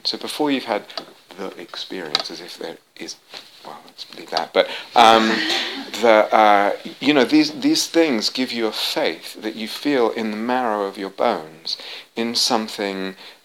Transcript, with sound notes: So before you've had 'the experience,' as if there is... well, let's leave that. [laughter] But these things give you a faith that you feel in the marrow of your bones in something